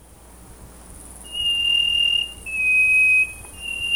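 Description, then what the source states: Chestnut-breasted wren song: pure, level whistled notes, one long high tone followed by a slightly lower one, then a higher note starting again, over faint hiss. Recorded in Ecuador.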